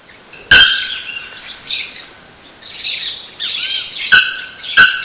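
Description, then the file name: Bare-throated bellbird giving sharp, ringing metallic strikes with a sustained tonal ring, three loud calls separated by fainter hissy notes in the background. Recorded at Sítio Cachoeira, Mogi das Cruzes, São Paulo state, Brazil, on 7-2-15. "Procnias-nudicollis-sitiocachoeira-Mogidas Cruzes SP-BR-7-2-15-ASilveira"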